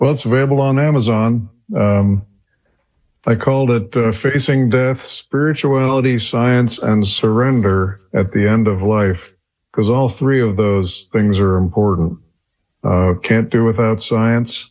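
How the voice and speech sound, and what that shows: A man speaks fluently in a low, steady voice with clear articulation and natural pauses during a radio interview: ordinary normal speech.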